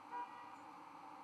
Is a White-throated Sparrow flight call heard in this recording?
no